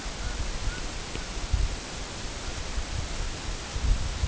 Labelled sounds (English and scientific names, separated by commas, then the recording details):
Canada Goose (Branta canadensis)
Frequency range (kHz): Canada Goose (Branta canadensis) 0.6-2.1 kHz
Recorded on Arctic tundra, site EABA-1, on 23 June 2018
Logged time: 22:00